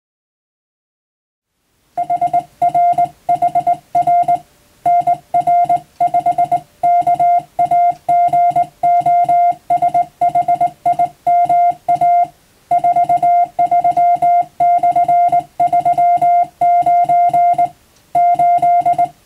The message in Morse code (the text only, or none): HRHR NR5 KAGOSHIMA 43/39 8